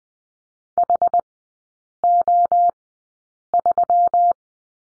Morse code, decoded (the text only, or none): HO3